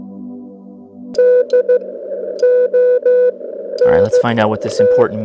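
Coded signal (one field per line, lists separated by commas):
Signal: Morse code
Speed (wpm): 15 wpm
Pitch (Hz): 500 Hz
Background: speech, music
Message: DONT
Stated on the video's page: Heard on the Belka-DX, a tiny shortwave receiver, played through an external speaker.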